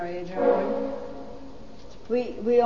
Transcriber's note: a boat horn can be heard in the background